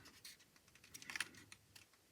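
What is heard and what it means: The plastic dashboard of a 1/24 scale NuNu BMW M8 GTE 2019 model car is handled against the cockpit tub, making soft, scratchy plastic rubbing with a cluster of brief, sharp ticks around 1.1 to 1.2 seconds. Nothing has seated or clicked yet; the dashboard is not home in the cockpit when the clip ends.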